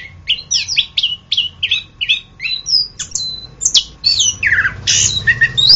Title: anis kembang